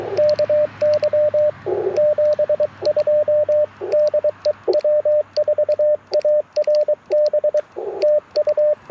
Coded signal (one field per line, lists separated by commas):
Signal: Morse code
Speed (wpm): 22 wpm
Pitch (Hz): 590 Hz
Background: radio noise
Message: KY 72 DE W4ARB TU